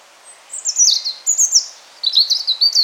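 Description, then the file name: European robin song: a thin high note, then rapid tumbling warbled phrases sliding between high and mid pitches, with a brief pause before a second sparkling burst. "Erithacus rubecula"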